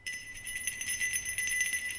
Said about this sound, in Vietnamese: Ở bên kia, hàng loạt những tiếng chuông từ nhỏ đến to cứ réo rắt vang lên.